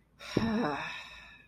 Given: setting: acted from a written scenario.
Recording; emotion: vocal sound without words; ecstasy